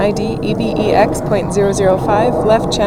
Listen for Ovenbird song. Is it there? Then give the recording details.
no. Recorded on 2 June 2016 at 10:04. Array SBT-3-7